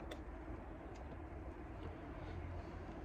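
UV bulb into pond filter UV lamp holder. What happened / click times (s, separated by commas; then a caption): The bulb is being fitted to its holder but has not yet clicked home / none. A new UV bulb is handled as its pins are lined up with the lamp holder of an Oase BioPress 6000 pond filter, with a brief tick at 0.1 s over a steady low background rumble. Nothing has seated or clicked into the holder yet.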